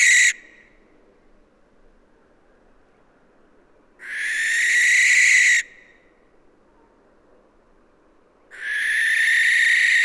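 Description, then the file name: Barn owl producing long rasping shrieks that swell in loudness, spaced about four seconds apart in an otherwise quiet background. "Schleiereule - Tyto alba"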